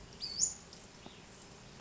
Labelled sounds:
Western Flycatcher (Empidonax difficilis)
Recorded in Sonoma County, California

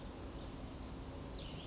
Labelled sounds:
Western Flycatcher (Empidonax difficilis)
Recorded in Sonoma County, California

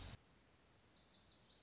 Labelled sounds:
Lazuli Bunting (Passerina amoena)
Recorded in Sonoma County, California

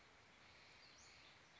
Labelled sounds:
Western Flycatcher (Empidonax difficilis)
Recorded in Sonoma County, California

